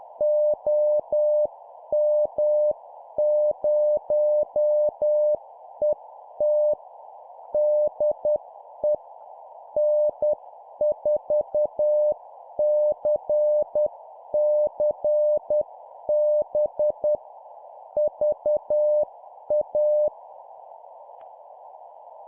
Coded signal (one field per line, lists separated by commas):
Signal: Morse code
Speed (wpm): 10 wpm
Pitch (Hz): 600 Hz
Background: none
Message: OM0ET DE N4CCB VA